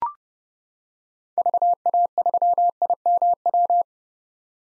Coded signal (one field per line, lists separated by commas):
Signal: Morse code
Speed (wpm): 30 wpm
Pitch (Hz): 700 Hz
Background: none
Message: VA3IMW